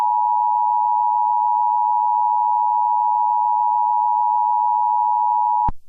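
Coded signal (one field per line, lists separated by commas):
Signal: Emergency Alert System (SAME) tones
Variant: 853 and 960 Hz attention tone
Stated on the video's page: Fictional EAS scenario.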